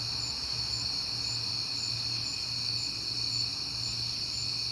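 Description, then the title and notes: Cricket chorus of constant high trills with a pulsing upper voice, over a low hum. At night in September, on a peaceful night; crickets heard often this month. "Night Time: Crickets and Passing Cars. It is September and I have been hearing the crickets a lot, but finally had a peaceful night to make the recording"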